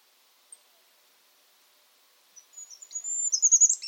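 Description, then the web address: Bird calls: after near silence, thin high-pitched whistled notes and squeaky chirps build up in the last second and a half. "cianscape. Deverinetal 2025. Bird Only"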